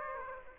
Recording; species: mosquito wingbeat signal from an infrared sensor; Aedes aegypti